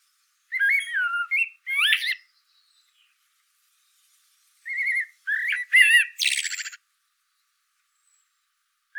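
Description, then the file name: Eurasian blackbird song: short fluty notes and upward sweeps, then a burst of shrill, buzzy twittering, with clean silence between the phrases. "Turdus merula"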